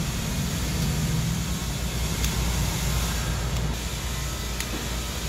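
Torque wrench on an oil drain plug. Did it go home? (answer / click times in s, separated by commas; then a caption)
yes / 4.6 s. A torque wrench set to 13 foot-pounds tightens an oil drain plug over a steady low rumble, and a short sharp click at 4.6 seconds shows it has reached 13 ft-lb of torque. No one talks during the clip.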